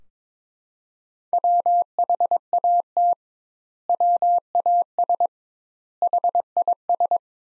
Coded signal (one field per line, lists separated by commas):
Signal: Morse code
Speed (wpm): 22 wpm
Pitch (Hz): 700 Hz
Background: none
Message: WHAT WAS HIS